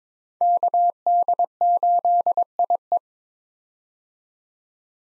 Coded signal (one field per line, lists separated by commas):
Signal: Morse code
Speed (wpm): 22 wpm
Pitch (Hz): 700 Hz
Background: none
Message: KD8IE